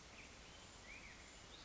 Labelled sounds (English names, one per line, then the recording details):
Black-headed Grosbeak
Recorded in Sonoma County, California